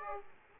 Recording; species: mosquito wingbeat signal from an infrared sensor; Aedes aegypti